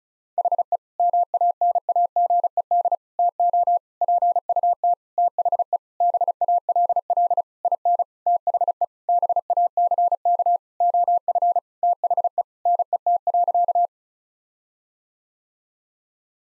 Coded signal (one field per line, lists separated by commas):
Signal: Morse code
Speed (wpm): 36 wpm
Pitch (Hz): 700 Hz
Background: none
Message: HE MANAGED TO PUT THE BALL IN THE BACK OF THE NET.